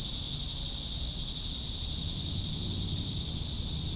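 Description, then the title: Cicada chorus: a continuous shrill hiss-like buzz holding one pitch, with soft low background noise. "neoscenes: cicadas"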